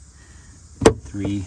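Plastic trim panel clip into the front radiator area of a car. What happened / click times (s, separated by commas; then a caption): The plastic trim clip snapped into place / 0.9 s. A plastic trim panel clip, the second top clip of a plastic cover panel, is pressed home into the front radiator area of a Tesla car. A short, sharp click at 0.9 s shows the clip snapping in and seating. Someone talks just after.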